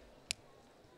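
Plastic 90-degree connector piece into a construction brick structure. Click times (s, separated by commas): 0.3 s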